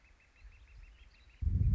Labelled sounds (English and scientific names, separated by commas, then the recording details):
Northern Flicker (Colaptes auratus)
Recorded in Sonoma County, California